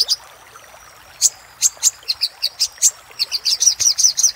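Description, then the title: Little spiderhunter song: after a quiet start, sharp high chip notes begin and quicken into a fast, uneven series of bright chips. Used for training cage birds. "Masteran Burung Sogok Ontong Labaik"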